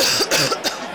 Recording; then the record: coughing mixed with background sound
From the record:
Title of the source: November cold (wet coughing)